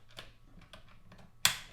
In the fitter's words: once there you here it click in place now we'll go back and tighten that screw up